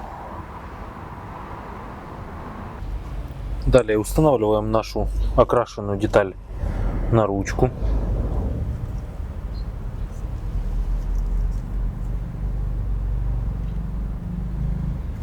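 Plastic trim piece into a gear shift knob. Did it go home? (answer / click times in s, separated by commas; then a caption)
no / none. Someone talks over a steady low background hum while a painted plastic trim piece is positioned and lined up on the handle of a BMW automatic transmission gear selector shift knob. The piece has not yet snapped or clicked into place.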